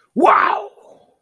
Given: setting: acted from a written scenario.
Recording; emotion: vocal sound without words; pride